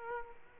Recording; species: mosquito wingbeat signal from an infrared sensor; Aedes aegypti